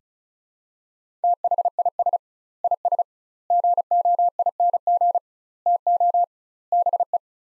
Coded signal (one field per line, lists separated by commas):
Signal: Morse code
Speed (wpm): 36 wpm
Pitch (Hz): 700 Hz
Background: none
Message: THIS IS GOING TO BE